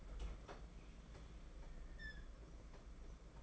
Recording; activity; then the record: daily activity, microphone in the room; open fridge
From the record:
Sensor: 5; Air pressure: 992.0 hPa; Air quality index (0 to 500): 200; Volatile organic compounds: 1000 ppm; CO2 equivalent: 5766 ppm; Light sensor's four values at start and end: 28/99/36/38 and 29/97/36/38